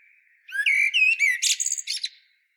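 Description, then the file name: Common blackbird giving one strophe: a clear whistled fluting phrase followed by a rapid burst of shrill, scratchy twittering notes. "Turdus merula"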